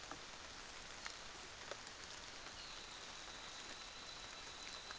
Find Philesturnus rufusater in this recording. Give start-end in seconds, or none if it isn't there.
2.46-4.98